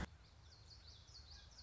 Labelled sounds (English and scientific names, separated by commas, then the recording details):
Common Yellowthroat (Geothlypis trichas)
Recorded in Sonoma County, California